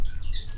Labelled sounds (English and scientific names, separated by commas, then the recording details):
Stitchbird (Notiomystis cincta) song
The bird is a male
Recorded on Tiritiri Matangi Island, New Zealand, in 2005
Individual 22, of nest box 31